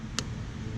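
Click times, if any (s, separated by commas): 0.2 s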